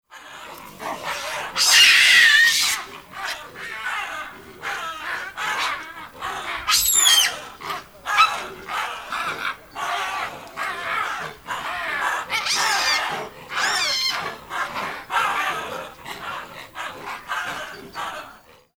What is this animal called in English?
Hamadryas Baboon